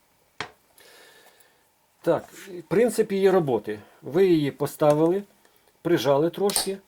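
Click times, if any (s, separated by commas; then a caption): 0.4 s. A tile-lifting suction cup is placed on a tile and pressed down, and its red plastic lever snaps down and locks with a sharp click at 0.4 s. A faint rustle follows, then someone talks from about 2 s on. The lever is locked and the suction cup is secured on the tile.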